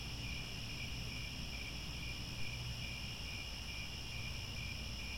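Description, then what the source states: Crickets trilling continuously, pulsing chirps layered over a steady shrill hum, with a low background rumble throughout. Chorus of crickets at twilight as the sun descends, with stars overhead.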